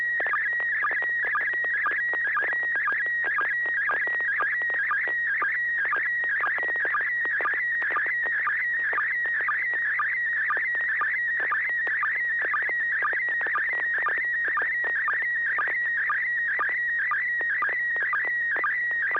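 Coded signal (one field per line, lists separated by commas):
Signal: SSTV (slow-scan television)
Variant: PD120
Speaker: this is going to be PD 120, November 6 Hotel Alpha.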